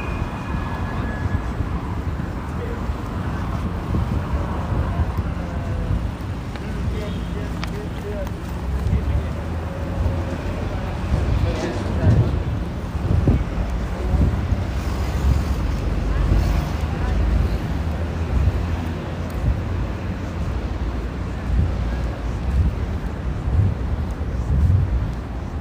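Inside a Dubai bus, a steady low engine rumble runs throughout, with muffled voices, scattered clunks and rattles, and a louder surge around twelve seconds.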